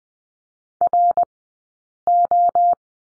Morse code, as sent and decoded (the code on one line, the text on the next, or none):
.-. ---
RO